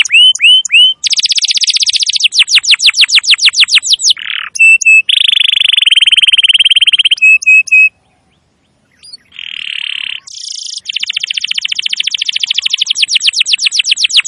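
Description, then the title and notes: Canary singing: whistled swoops, fast rolling trills, long buzzy tours and short whistles, a pause of about a second, then more buzzy rolls and trills. Masteran recording of a canary singing continuously (gacor), used to lure wild canaries. "Pikat Kenari GACOR PANJANG INI Cocok Untuk Masteran KENARI LIAR. Masteran burung kenari gacor parah"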